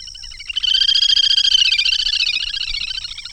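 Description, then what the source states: Little grebe trilling call: a fast, high, whinnying run of rapid notes that swells loudly and then slowly fades. Call recorded at Dandoba hill, Sangli, in August 2020.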